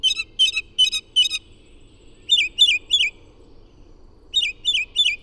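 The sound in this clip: Bird song in short groups of three or four quick twisting chirps, separated by silent pauses.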